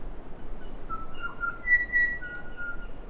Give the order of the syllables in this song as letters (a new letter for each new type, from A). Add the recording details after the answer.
A B C D D E C. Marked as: UNKNOWN, Chortle_Ghh, Pipe(F[6]), Pipe(A#[6]+), Pipe(F[6]+). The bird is a male. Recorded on Cuvier Island, New Zealand, on 4 November 2016. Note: TrumpetSongSameBirdAsTr014Harmonics